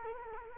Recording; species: mosquito wingbeat signal from an infrared sensor; Culex quinquefasciatus